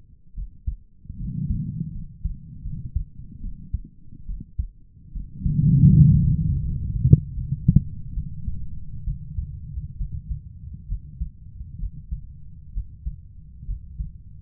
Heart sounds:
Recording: heart sounds by stethoscope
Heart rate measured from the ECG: 72 bpm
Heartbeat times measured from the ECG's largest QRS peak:
0.35 s: heartbeat
1.18 s: heartbeat
1.93 s: heartbeat
2.64 s: heartbeat
3.42 s: heartbeat
4.27 s: heartbeat
5.13 s: heartbeat
5.95 s: heartbeat
6.63 s: heartbeat
7.35 s: heartbeat
8.14 s: heartbeat
9.05 s: heartbeat
9.98 s: heartbeat
10.88 s: heartbeat
11.79 s: heartbeat
12.74 s: heartbeat
13.67 s: heartbeat
From the record:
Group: healthy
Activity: rest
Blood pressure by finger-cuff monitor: 114/60 mmHg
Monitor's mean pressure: 80 mmHg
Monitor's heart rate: 72 bpm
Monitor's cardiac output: 7.4 L/min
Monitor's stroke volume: 99 mL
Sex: female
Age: 22 years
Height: 160 cm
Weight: 63 kg

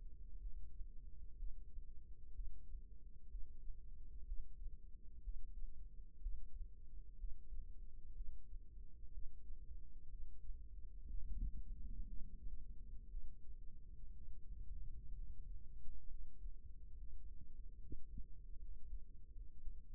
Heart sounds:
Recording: heart sounds by microphone in the right ear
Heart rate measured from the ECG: 63 bpm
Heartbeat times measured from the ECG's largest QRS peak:
0.38 s: heartbeat
1.35 s: heartbeat
2.31 s: heartbeat
3.27 s: heartbeat
4.24 s: heartbeat
5.20 s: heartbeat
6.19 s: heartbeat
7.16 s: heartbeat
8.13 s: heartbeat
9.09 s: heartbeat
10.07 s: heartbeat
11.05 s: heartbeat
12.03 s: heartbeat
13.07 s: heartbeat
14.10 s: heartbeat
15.11 s: heartbeat
16.06 s: heartbeat
16.92 s: heartbeat
17.77 s: heartbeat
18.57 s: heartbeat
19.31 s: heartbeat
From the record:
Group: healthy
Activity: breath hold 0-11 s, rest 11-20 s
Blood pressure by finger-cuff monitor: 132/59 mmHg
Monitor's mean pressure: 79 mmHg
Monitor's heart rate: 62 bpm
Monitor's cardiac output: 6 L/min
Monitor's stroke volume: 98 mL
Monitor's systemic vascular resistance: 960 dyn s/cm5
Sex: female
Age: 37 years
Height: 168 cm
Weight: 70 kg

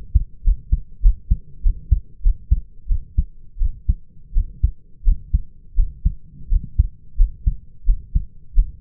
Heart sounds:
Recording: heart sounds by stethoscope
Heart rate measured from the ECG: 89 bpm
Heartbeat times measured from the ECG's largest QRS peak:
0.44 s: heartbeat
1.02 s: heartbeat
1.63 s: heartbeat
2.23 s: heartbeat
2.88 s: heartbeat
3.59 s: heartbeat
4.34 s: heartbeat
5.04 s: heartbeat
5.76 s: heartbeat
6.49 s: heartbeat
7.17 s: heartbeat
7.86 s: heartbeat
8.55 s: heartbeat
From the record:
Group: healthy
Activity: cold pressor test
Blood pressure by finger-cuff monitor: 110/72 mmHg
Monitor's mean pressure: 84 mmHg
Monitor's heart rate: 88 bpm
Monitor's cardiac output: 6.3 L/min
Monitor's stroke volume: 68 mL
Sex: male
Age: 22 years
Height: 181 cm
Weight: 60 kg

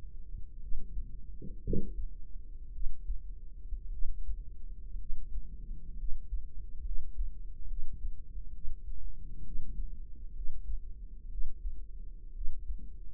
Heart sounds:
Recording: heart sounds by microphone in the right ear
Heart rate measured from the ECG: 61 bpm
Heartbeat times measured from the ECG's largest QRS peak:
0.58 s: heartbeat
1.60 s: heartbeat
2.70 s: heartbeat
3.89 s: heartbeat
4.96 s: heartbeat
5.95 s: heartbeat
6.82 s: heartbeat
7.66 s: heartbeat
8.50 s: heartbeat
9.42 s: heartbeat
10.32 s: heartbeat
11.28 s: heartbeat
12.31 s: heartbeat
From the record:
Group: healthy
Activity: rest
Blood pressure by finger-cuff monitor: 106/71 mmHg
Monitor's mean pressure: 81 mmHg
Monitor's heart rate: 61 bpm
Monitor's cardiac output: 4.6 L/min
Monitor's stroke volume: 82 mL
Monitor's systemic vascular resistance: 1270 dyn s/cm5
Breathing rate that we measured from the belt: 14 breaths a minute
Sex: female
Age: 23 years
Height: 160 cm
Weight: 50.4 kg

